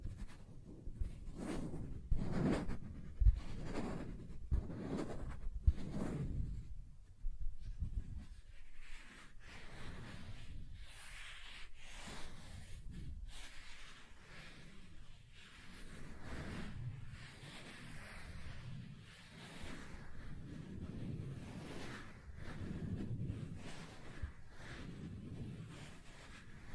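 Soft tracing across smooth and rough surfaces, with a scratchy, papery rubbing. For the first seven seconds or so the strokes come as distinct, louder sweeps about once a second; after that the rubbing turns quieter and steadier, swelling and easing in a rough, grainy texture.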